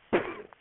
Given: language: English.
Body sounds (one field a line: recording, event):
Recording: throat vibration sensor signal played as sound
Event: cough